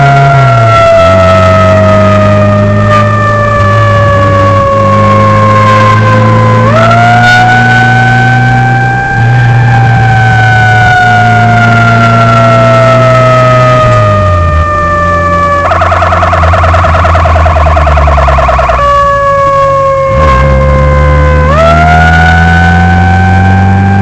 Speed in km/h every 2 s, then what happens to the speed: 49, 57, 53, 62, 66, 60, 60, 65, 64, 45, 41, 47.
0-2 speeds up to 57. 5-7 speeds up to 66. 7-16 steady at about 64. 16-19 brakes to 41. 21-24 speeds up to 47.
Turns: none.